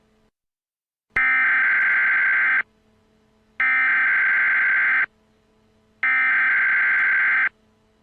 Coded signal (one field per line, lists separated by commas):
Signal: Emergency Alert System (SAME) tones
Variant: header bursts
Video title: [EAS Mock] The Z Virus - Atlanta: The Beginning